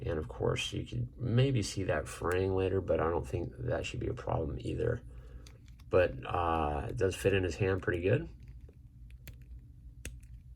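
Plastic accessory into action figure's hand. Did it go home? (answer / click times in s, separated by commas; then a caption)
yes / 10.1 s. Someone talks, then soft handling ticks follow as the plastic accessory, the whip or weapon, is pushed into the plastic hand of a 2020 Beast Man Masters of the Universe Origins action figure. A sharp click at 10.1 s marks the accessory seating in the hand.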